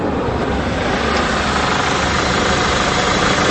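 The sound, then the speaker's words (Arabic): A heavy black tractor-trailer truck comes toward the listener, its engine rumbling steadily and loudly for a few seconds, a continuous low, throbbing drone with a broad wash of noise and no voices. “في تريلا جاية علينا لابسة اسود في اسود.”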